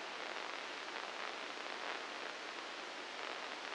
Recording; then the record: brain microelectrode recording played as sound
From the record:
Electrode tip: inside the subthalamic nucleus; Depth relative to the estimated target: 0 mm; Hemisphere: right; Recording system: NeuroSet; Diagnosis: Parkinson's disease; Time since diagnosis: 9 years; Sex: female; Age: 51 years